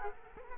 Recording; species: mosquito wingbeat signal from an infrared sensor; Culex quinquefasciatus